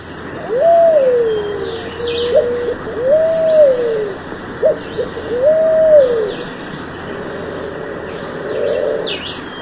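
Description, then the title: Pale-vented pigeon cooing song: three long, arched, mellow coos a few seconds apart, with short hooting notes between them, then a fainter coo. Faint higher chirps in the background. "Canto Da Pomba. PIGEON, Pale-vented (W) song"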